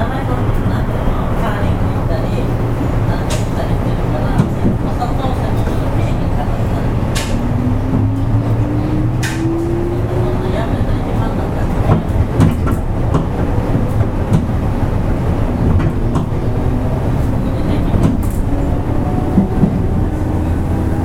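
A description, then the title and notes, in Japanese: A JR 103 series train runs with a steady low rumble, occasional clicks and sharp ticks, and faint rising motor whines near seven and eighteen seconds. JR103系 天王寺から大阪まで 環状線外回り。JR103系電車の走行音です。JR西日本の環状線外回りにて収録しました。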